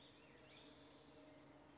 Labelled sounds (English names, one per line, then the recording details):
Spotted Towhee
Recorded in Sonoma County, California